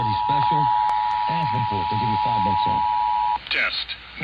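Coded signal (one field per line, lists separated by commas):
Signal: Emergency Alert System (SAME) tones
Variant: 853 and 960 Hz attention tone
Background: speech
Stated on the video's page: Received via WJAS and KDKA broadcasts.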